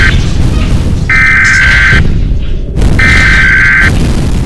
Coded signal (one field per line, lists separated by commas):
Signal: Emergency Alert System (SAME) tones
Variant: header bursts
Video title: EAS Scenario Story-A Varied Horror